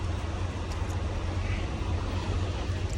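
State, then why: Not seated. A turn signal switch on a 2016 Mack Pinnacle is pressed onto the steering column mounting pins. Only a steady low rumble is heard, and the switch has not clicked into place yet; it needs more pressure.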